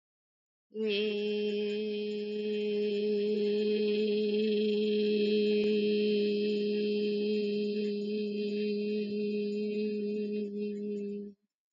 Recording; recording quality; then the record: sustained vowel as in made; moderate, slight background noise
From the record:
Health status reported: healthy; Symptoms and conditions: none ticked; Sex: female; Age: 39 years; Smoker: not ticked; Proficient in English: yes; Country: India